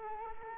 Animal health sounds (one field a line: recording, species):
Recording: mosquito wingbeat signal from an infrared sensor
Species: Culex quinquefasciatus